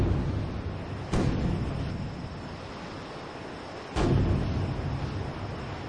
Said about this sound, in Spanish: Son tres cañonazos. ¡Han capturado el barco!